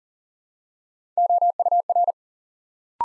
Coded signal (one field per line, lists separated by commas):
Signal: Morse code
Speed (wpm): 39 wpm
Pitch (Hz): 700 Hz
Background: none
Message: OUR